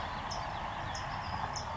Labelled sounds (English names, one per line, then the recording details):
California Towhee
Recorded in Sonoma County, California